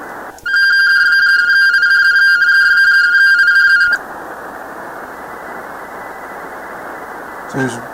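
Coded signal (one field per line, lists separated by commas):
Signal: RTTY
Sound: rapid warbling two-tone teletype chatter for about 3.5 seconds, then static hiss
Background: radio static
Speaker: really no error correction in this oh here we go look at that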